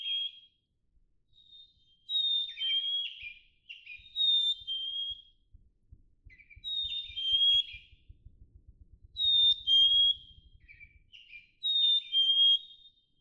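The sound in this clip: Black-capped chickadee repeating its pure two-note whistle about five times, roughly every two to three seconds, with soft low ticking sounds in the middle.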